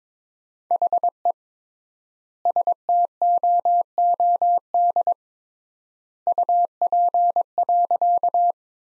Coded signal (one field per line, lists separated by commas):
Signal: Morse code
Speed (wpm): 22 wpm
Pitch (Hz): 700 Hz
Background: none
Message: HE STOOD UP.